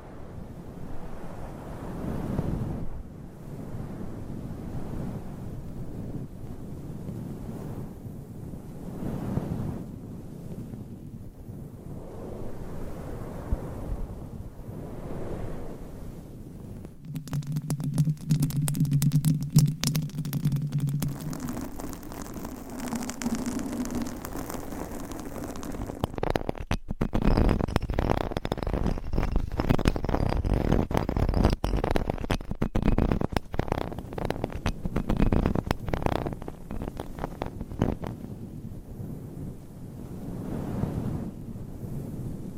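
Nails scratch across microphone covers in slow, rhythmic rubbing strokes, each a low, rough swell repeating every second or two. Around 17 to 26 seconds a steady low hum with a whistling tone takes over, then denser, brighter scratching resumes and continues to the end.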